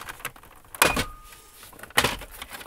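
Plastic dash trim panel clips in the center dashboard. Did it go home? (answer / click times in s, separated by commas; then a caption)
released / 0.8 s, 2.0 s. In a 2012–2015 Ford Escape, the plastic dashboard trim panel around the Sync 2 screen in the center dash is lifted up by hand. Its plastic retaining clips give two sharp pops at 0.8 s and 2.0 s, with faint handling noise between them. The clips come loose and the panel is released.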